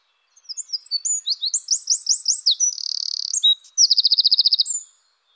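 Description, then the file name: Eurasian wren song: a fast, loud outpouring of high sweet notes, a run of rising slurs, a dry buzzy trill, then a rapid rattling trill, about four and a half seconds. "troglodyte"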